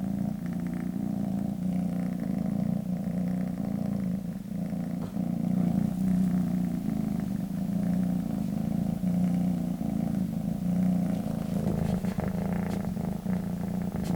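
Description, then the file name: Cat purring, a steady low rumbling hum that pulses evenly with each breath and keeps going without a break. "kissa kehraa"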